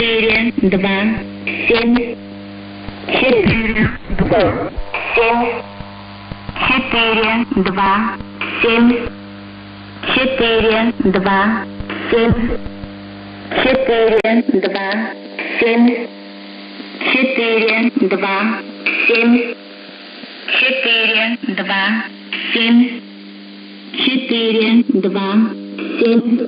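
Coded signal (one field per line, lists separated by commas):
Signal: numbers station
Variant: S06s, Russian female voice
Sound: female voice reading short words at a steady, even pace over a constant low hum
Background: low hum, radio static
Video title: 04 05 2021 Number station S06s Russian Lady in Russian to Eu 0730 on 7365 unknown tx site in CUSB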